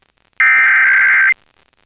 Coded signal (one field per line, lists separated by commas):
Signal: Emergency Alert System (SAME) tones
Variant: header bursts